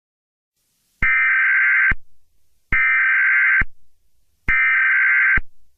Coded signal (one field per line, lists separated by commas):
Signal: Emergency Alert System (SAME) tones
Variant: header bursts